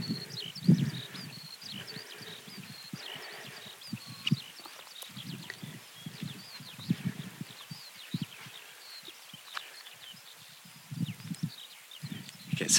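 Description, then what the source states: Eurasian skylark song, a busy, continuous stream of high chirping and trilled notes, with bursts of low rumbling and thumping noise underneath. Song flight high up on moorland hill, Blorenge Mountain, Monmouthshire, Brecon Beacons, dawn walk in May; the bird climbs higher and higher until it is a little black dot.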